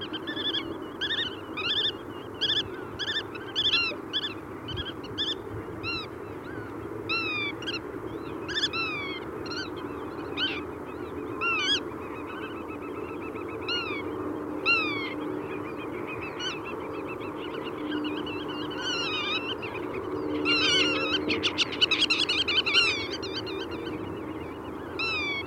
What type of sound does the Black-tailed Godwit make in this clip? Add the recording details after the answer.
call. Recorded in the wild. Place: Amsterdam, Noord-Holland, NL. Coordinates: 52.368, 4.904. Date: 1990-05-14. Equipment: Nagra III BH, Sennheiser MD 21, parabola. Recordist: Schubert, Michael. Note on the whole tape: Diverse Rufe von sitzender Uferschnepfe, Formen des Warnens